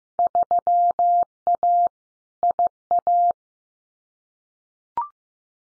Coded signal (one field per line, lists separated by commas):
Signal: Morse code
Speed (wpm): 15 wpm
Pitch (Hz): 700 Hz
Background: none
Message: 3A IA